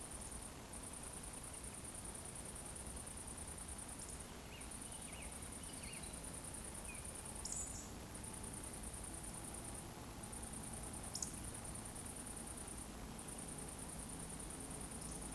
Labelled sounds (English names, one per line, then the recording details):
Eurasian Woodcock whistle
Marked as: whistle, whistle, whistle, whistle, whistle
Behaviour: display flight
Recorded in Baden-Württemberg, Germany, on 25 June 2020 at 19:57 UTC
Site 14569, 102 m above sea level